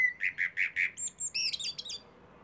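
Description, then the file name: Eurasian blackbird song: four evenly repeated mellow notes, then a tumbling burst of high, squeaky twitters that fades out. "Turdus merula"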